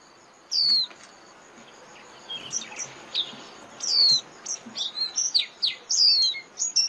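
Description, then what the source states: White-eye calls: one clear high descending whistle, then a pause, then a run of rapid high chirps and slurred notes growing busier. Lure call used to attract white-eyes for trapping (tiếng khuyên mồi).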